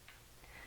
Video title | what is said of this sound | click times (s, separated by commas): First Steps to Installing Your 2Gig Go!Control Panel | top where it snaps in | 0.1 s